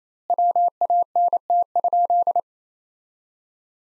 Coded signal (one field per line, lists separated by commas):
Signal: Morse code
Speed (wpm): 28 wpm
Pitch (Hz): 700 Hz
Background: none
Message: WANT?